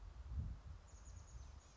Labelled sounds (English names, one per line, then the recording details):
Chestnut-backed Chickadee
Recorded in Sonoma County, California